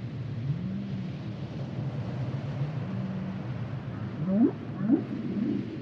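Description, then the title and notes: Humpback whale song: low hums followed by two sharp rising whoops near the end, set against heavy low rumbling background noise. Male humpback whales produce complex songs during the winter breeding season. "Sounds of The Humpback Whale. RainManCJ podcast"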